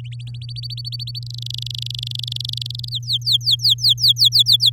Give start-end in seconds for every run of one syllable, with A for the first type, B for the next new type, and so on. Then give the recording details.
0.12-1.19 A, 1.22-2.89 B, 2.91-4.70 C. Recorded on 11 May 2018 at 08:31. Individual llb16